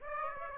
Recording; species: mosquito wingbeat signal from an infrared sensor; Aedes aegypti